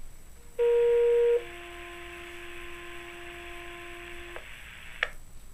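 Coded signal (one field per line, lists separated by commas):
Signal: two-tone page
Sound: a short steady higher tone, then a longer steady lower tone over radio hiss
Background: radio static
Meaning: Tone-out that activates the assigned fire/EMS pagers and sirens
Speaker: the Huntingdon County, Pennsylvania 911 Emergency Services Alerting System. This is only a test.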